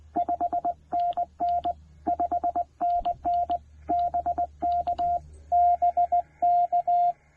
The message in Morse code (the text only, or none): 5NN 5NN BK BK